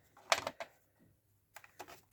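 The remaining plastic clips of a Lima Class 52 model locomotive body shell are wriggled and pressed into the chassis, with a sharp click at 0.3 s followed by smaller clicks and rattles. Fainter handling ticks follow later in the clip, and the body sits fully seated on the chassis.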